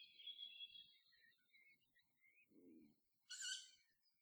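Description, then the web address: Tawny owl uttering a single harsh, wheezy screech near the end, after a stretch of faint high twittering from other birds. Recorded on 2 July 2014. "fagelljud 20140702 kattuggla"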